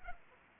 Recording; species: mosquito wingbeat signal from an infrared sensor; Aedes aegypti